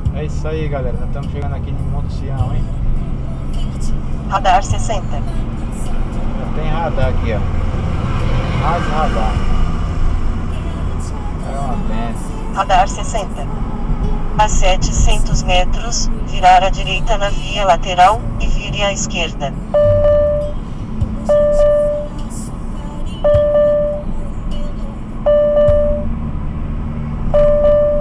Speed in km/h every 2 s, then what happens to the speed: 48, 53, 56, 58, 60, 61, 59, 57, 54, 52, 53, 54, 54, 55.
0-9 speeds up to 61. 9-17 slows to 52. 17-28 steady at about 54.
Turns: none.